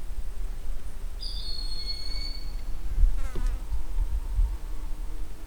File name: Broad winged Hawk